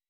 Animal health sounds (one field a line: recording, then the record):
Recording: hydrophone in a shrimp aquaculture tank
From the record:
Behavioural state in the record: weakened